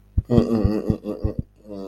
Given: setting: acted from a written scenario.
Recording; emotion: vocal sound without words; shame